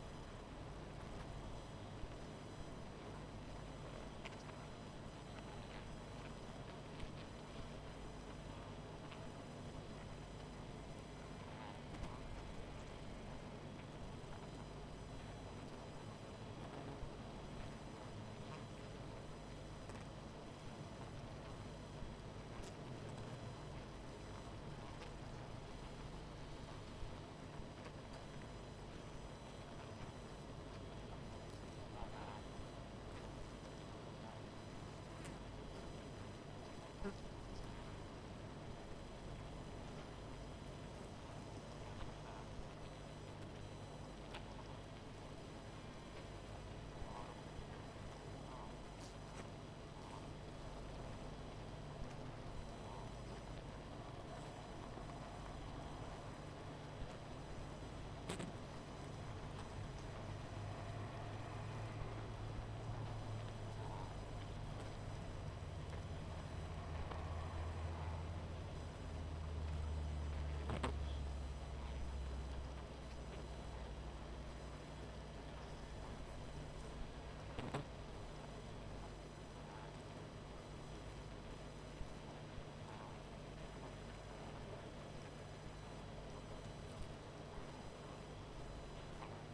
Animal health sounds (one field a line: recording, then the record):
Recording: honeybee colony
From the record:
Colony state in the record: missing queen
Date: 14 July 2017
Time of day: 20:28